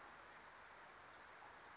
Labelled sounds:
Wilson's Warbler (Cardellina pusilla)
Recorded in Sonoma County, California

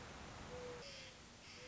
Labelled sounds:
Mourning Dove (Zenaida macroura)
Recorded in Sonoma County, California

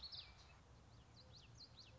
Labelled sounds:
Common Yellowthroat (Geothlypis trichas)
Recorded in Sonoma County, California

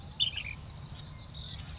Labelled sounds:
Ash-throated Flycatcher (Myiarchus cinerascens)
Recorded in Sonoma County, California

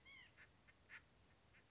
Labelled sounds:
White-breasted Nuthatch (Sitta carolinensis)
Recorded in Sonoma County, California

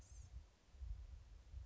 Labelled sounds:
Blue-gray Gnatcatcher (Polioptila caerulea)
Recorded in Sonoma County, California

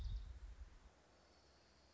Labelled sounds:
Orange-crowned Warbler (Leiothlypis celata)
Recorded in Sonoma County, California

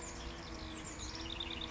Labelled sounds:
House Wren (Troglodytes aedon)
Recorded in Sonoma County, California

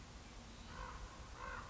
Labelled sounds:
Common Raven (Corvus corax)
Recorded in Sonoma County, California

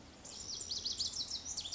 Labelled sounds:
Lazuli Bunting (Passerina amoena)
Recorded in Sonoma County, California

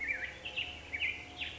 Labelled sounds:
Black-headed Grosbeak (Pheucticus melanocephalus)
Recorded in Sonoma County, California

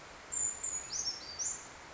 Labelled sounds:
Brown Creeper (Certhia americana)
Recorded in Sonoma County, California

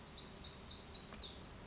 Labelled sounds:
Black-throated Gray Warbler (Setophaga nigrescens)
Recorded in Sonoma County, California

